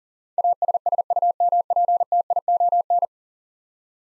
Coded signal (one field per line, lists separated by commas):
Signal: Morse code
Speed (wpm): 37 wpm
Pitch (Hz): 700 Hz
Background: none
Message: ASSUMPTION